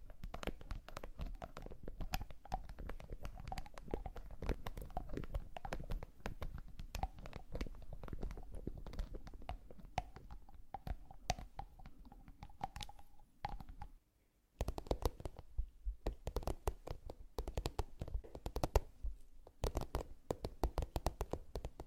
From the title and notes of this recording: ASMR 20+ Makeup Triggers For Sleep ASMR NO TALKING.